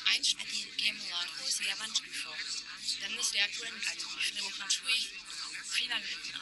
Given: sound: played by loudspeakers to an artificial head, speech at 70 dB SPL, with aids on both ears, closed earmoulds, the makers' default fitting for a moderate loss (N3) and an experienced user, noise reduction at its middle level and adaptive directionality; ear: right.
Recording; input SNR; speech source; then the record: speech test signal (ISTS) in cocktail-party noise; -3 dB; on the right (90 degrees)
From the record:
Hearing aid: class 2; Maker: H